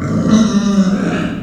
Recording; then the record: squeal of a Yucatan mini pig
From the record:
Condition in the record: after surgery on the right vocal fold (resection and tissue-engineered implant); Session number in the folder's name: 9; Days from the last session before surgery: 65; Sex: female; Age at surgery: 19 weeks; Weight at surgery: 25 kg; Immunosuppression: prednisolone